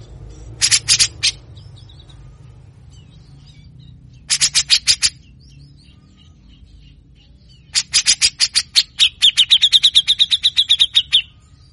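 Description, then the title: Grey-cheeked Bulbul song: three bursts of harsh, rasping rapid notes, the last one running into a steady higher trill, with soft twittering and a low hum underneath. Energetic singing (gacor) with rough rasping phrases (besetan kasar), styles called ngepik, mbeset and ngetril (trilling); a long training recording (masteran) for cage birds. "MASTERAN CUCAK JENGGOT GACOR FULL BESETAN KASAR DURASI PANJANG. Masteran Cucak jenggot ngepik mbeset Ngetril"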